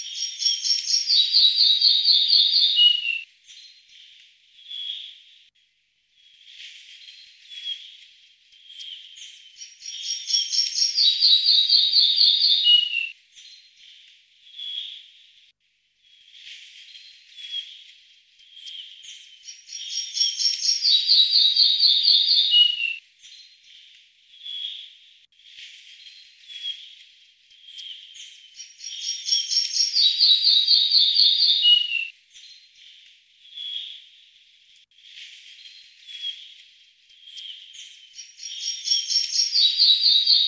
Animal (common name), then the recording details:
Red-breasted Flycatcher. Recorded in the wild. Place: Narotsch-See, BY. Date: 2005-05-21. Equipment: Minidisc Sony MZ-R35, Telinga DAT, Telinga-Parabolspiegel. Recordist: Schwarz, Dieter